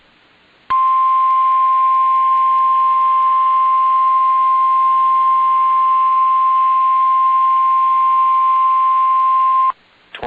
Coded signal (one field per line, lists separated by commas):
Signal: Emergency Alert System (SAME) tones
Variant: 1050 Hz attention tone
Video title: (EAS Audio) Tornado Emergency for Dayton, Ohio 5/27/2019